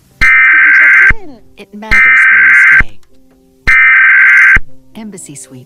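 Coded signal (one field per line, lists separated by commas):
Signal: Emergency Alert System (SAME) tones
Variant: header bursts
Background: speech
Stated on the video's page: Fictional EAS scenario about terrorist attacks, not a real alert.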